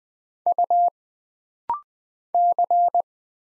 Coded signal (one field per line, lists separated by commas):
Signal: Morse code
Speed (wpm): 20 wpm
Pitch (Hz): 700 Hz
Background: none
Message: U C